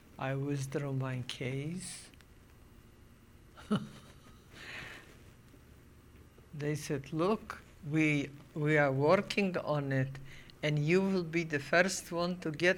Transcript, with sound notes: I withdraw my case. ( she laughs ) They said, "Look, we are working on it, and you will be the first one to get.